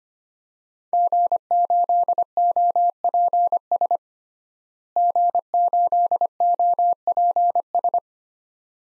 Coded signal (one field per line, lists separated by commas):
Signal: Morse code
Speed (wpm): 25 wpm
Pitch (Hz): 700 Hz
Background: none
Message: G8OPS G8OPS